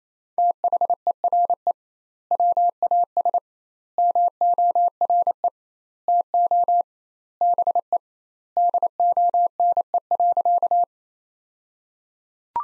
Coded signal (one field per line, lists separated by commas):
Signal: Morse code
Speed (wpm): 27 wpm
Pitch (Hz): 700 Hz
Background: none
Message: THERE WAS MORE TO BE DONE.